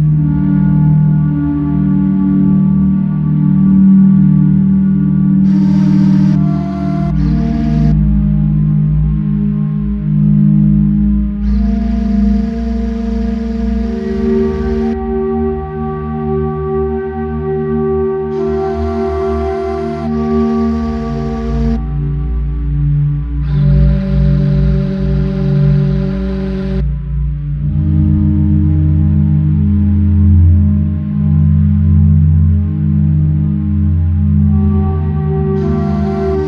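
Steady layered tones drone continuously, with deep low hums and ringing overtones like a singing bowl that slowly shift in pitch and weight. Brighter shimmering washes fade in and out every few seconds, near 6, 12, 18 and 24 seconds, over an unbroken, even loudness.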